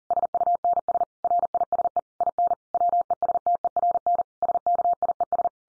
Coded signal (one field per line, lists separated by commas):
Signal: Morse code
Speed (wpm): 40 wpm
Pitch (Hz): 700 Hz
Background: none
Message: SUNS RISE IN WESTERN SKIES